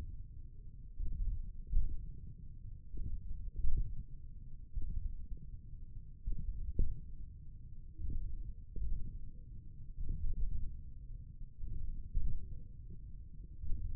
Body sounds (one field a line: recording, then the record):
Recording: forearm muscle sounds (acoustic myography)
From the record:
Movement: hand closing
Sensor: system 1, eight BSWA MPA416 microphones around the upper forearm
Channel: 1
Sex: male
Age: 28 years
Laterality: right